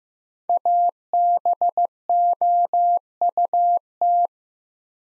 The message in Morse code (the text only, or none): ABOUT